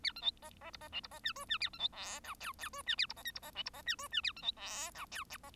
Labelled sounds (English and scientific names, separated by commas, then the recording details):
Bengalese Finch (Lonchura striata domestica) song
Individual Bird1